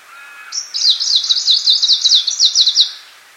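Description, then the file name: Icterine warbler song, a brisk series of high, repeated chattering notes over a little more than two seconds, preceded by a faint lower whistle. "peresmeshka zelenaja"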